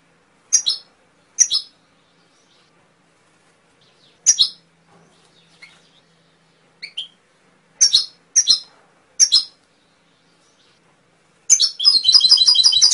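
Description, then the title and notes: Canary giving short high chirps scattered across several seconds, then a rapid trilled song phrase begins at the end. Masteran recording of canary song, used for training songbirds to sing. "PANCINGAN SUARA MASTERAN KENARI BIKIN BURUNG MAKIN MENGGILA. masteran kicau kenari"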